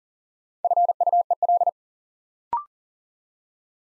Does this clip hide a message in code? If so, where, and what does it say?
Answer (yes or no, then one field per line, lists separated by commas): yes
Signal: Morse code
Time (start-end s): 0.6-1.7 s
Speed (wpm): 40 wpm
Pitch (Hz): 700 Hz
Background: none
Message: FUEL